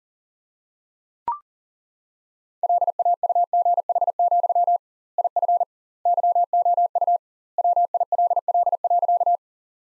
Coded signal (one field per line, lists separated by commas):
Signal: Morse code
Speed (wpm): 40 wpm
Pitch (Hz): 700 Hz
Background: none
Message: LAUGH, IF YOU WILL.